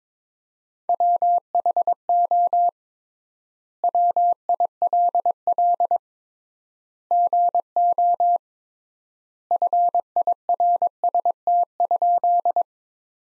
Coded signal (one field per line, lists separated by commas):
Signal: Morse code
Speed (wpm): 22 wpm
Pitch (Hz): 700 Hz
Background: none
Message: WHO WILL GO FIRST?